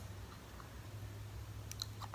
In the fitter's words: makes a little popping noise like that, like a little click